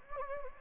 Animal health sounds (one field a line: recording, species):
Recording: mosquito wingbeat signal from an infrared sensor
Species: Anopheles gambiae